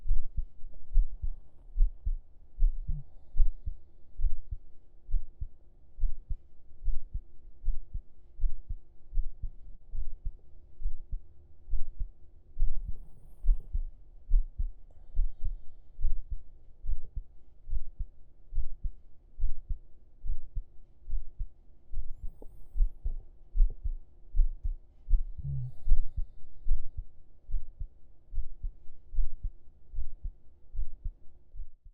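Steady, muffled low thumps at about 71 beats a minute, a normal adult heartbeat heard with the ear lying against the chest under the shirt.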